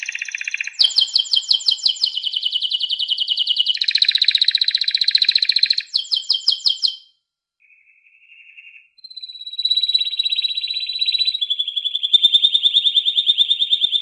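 Canary singing long, rapid trills in shifting tones, with a short pause before further rolling phrases and a steady high whistled trill.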